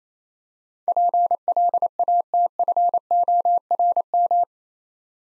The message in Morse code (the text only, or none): PLATFORM